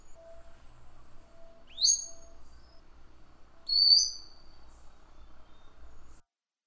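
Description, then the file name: Madi injap bird song: two bright, high whistled phrases that sweep upward, about two seconds apart, over a faint low hum. "suara-kicauan-burung-madi-injap omkicau"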